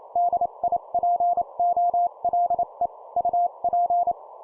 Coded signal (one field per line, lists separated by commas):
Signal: Morse code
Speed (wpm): 28 wpm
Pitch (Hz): 700 Hz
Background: none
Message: DIPOLE UP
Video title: 25wpm CW QSO Format Example, improve morse code copy speed